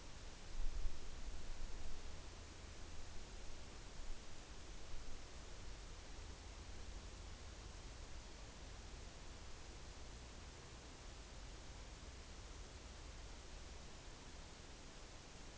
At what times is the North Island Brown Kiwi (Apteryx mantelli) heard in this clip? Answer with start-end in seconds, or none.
none